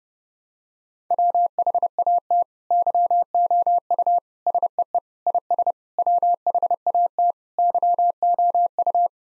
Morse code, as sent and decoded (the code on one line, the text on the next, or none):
.-- .... .- - / -.-- --- ..- / ... . . / .. ... / .-- .... .- - / -.-- --- ..-
WHAT YOU SEE IS WHAT YOU